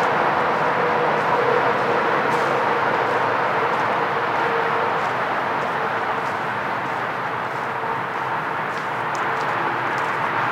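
On a walk along a park trail by a creek, a steady, dense rushing fills the whole stretch, even and unbroken, with a faint low hum running beneath it. Light ticks and crunches appear now and then, more often toward the end.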